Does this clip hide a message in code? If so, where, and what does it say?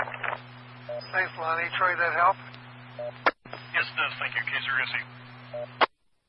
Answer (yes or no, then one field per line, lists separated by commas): no